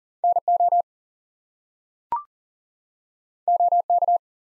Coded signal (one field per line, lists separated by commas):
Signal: Morse code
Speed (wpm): 39 wpm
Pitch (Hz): 700 Hz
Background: none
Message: NO OK